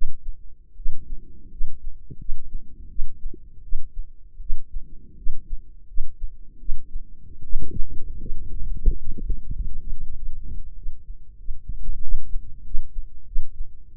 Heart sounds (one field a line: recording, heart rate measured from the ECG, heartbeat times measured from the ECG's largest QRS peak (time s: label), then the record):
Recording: heart sounds by microphone in the left ear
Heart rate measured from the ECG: 87 bpm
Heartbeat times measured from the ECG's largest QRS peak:
0.75 s: heartbeat
1.49 s: heartbeat
2.18 s: heartbeat
2.88 s: heartbeat
3.62 s: heartbeat
4.39 s: heartbeat
5.16 s: heartbeat
5.86 s: heartbeat
6.58 s: heartbeat
7.42 s: heartbeat
8.19 s: heartbeat
8.88 s: heartbeat
9.54 s: heartbeat
10.15 s: heartbeat
10.75 s: heartbeat
11.38 s: heartbeat
12.01 s: heartbeat
12.63 s: heartbeat
13.25 s: heartbeat
13.89 s: heartbeat
From the record:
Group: healthy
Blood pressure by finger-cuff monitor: 105/59 mmHg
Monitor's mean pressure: 73 mmHg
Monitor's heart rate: 86 bpm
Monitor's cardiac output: 7.2 L/min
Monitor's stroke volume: 88 mL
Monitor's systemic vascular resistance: 710 dyn s/cm5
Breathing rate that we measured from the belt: 16 breaths a minute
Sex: female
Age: 22 years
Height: 157 cm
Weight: 47.6 kg